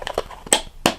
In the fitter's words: You want to hear that click?